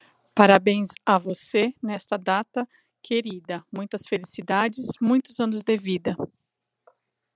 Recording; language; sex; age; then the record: short text; Brazilian Portuguese; female; 40 to 49 years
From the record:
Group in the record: control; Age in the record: 42 years